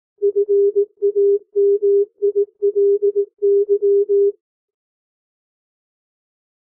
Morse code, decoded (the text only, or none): FAMILY